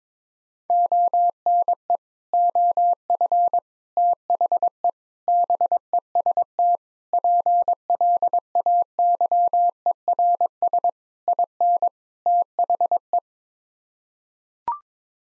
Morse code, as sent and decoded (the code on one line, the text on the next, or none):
--- -. . / --- ..-. / - .... . / -... . ... - / .--. .-.. .- -.-- . .-. ... / .. -. / - .... .
ONE OF THE BEST PLAYERS IN THE